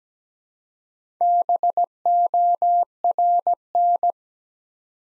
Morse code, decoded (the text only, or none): BORN